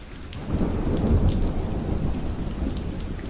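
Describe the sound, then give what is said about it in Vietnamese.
A deep, rumbling thunderclap from a lightning bolt striking down swells up and rolls on over a steady wash of heavy rain, the low boom peaking early and slowly fading as the downpour continues. “Đúng vào lúc này, một luồng sét đỏ quạch rạch ngang bầu trời phóng xuống.”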